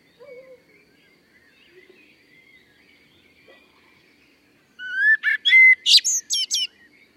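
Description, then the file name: Common blackbird song: after faint calls, a loud phrase of fluted whistles rising into a rapid series of high, scratchy twittering notes. "Turdus merula"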